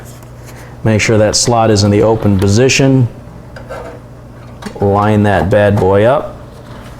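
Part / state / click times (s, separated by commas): graphics card into motherboard PCIe x16 slot / not seated / none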